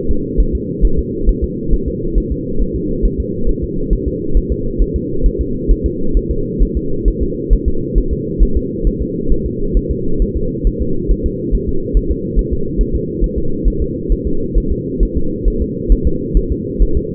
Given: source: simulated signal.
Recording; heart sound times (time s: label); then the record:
fetal heart sounds
0.11 s: S2
0.40 s: S1
0.55 s: S2
0.85 s: S1
0.99 s: S2
1.29 s: S1
1.44 s: S2
1.74 s: S1
1.88 s: S2
2.18 s: S1
2.32 s: S2
2.62 s: S1
2.76 s: S2
3.05 s: S1
3.20 s: S2
3.49 s: S1
3.64 s: S2
3.93 s: S1
4.08 s: S2
4.37 s: S1
4.52 s: S2
4.82 s: S1
4.96 s: S2
5.26 s: S1
5.41 s: S2
5.71 s: S1
5.86 s: S2
6.17 s: S1
6.31 s: S2
6.62 s: S1
6.77 s: S2
7.08 s: S1
7.23 s: S2
7.53 s: S1
7.68 s: S2
7.98 s: S1
8.13 s: S2
8.43 s: S1
8.57 s: S2
8.87 s: S1
9.02 s: S2
9.32 s: S1
9.46 s: S2
9.77 s: S1
9.91 s: S2
10.22 s: S1
10.37 s: S2
10.67 s: S1
10.82 s: S2
11.11 s: S1
11.26 s: S2
11.55 s: S1
11.69 s: S2
11.97 s: S1
12.12 s: S2
12.39 s: S1
12.53 s: S2
12.81 s: S1
12.95 s: S2
13.24 s: S1
13.38 s: S2
13.68 s: S1
13.82 s: S2
14.12 s: S1
14.27 s: S2
14.58 s: S1
14.72 s: S2
15.03 s: S1
15.17 s: S2
15.48 s: S1
15.62 s: S2
15.92 s: S1
16.07 s: S2
16.37 s: S1
16.52 s: S2
16.82 s: S1
16.97 s: S2
From the record:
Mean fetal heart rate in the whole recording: 135 bpm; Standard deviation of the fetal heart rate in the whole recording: 3 bpm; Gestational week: 36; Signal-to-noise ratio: -8.1 dB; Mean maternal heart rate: 72 bpm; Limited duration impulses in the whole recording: absent